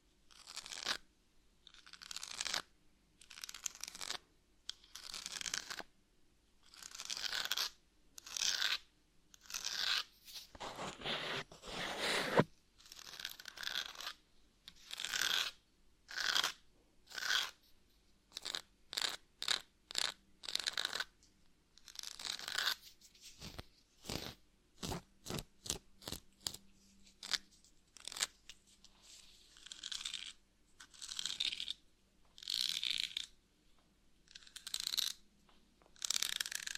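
Scratching in repeated short bursts, bright and raspy, with brief pauses between strokes and a quick series of sharp ticks near the middle.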